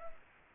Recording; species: mosquito wingbeat signal from an infrared sensor; Culex pipiens